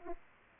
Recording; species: mosquito wingbeat signal from an infrared sensor; Anopheles arabiensis